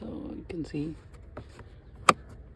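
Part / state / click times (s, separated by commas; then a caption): plastic filter cover into car filter housing / seated / 2.1 s. During a DIY 9th-year, 90,000 km service on a Maruti Suzuki Swift Dzire Diesel, a plastic filter housing cover for the air or cabin filter is closed and snapped into its housing. Someone talks briefly at the start, a faint tap comes at about 1.4 s, and a sharp, loud click follows at 2.1 s. The cover is seated properly.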